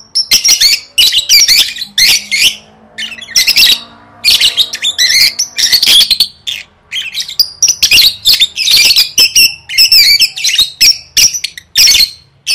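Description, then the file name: Lovebird chatter: a nearly continuous run of harsh squawks, clicks and whistled notes, loud and busy throughout. "tieng vet mau don"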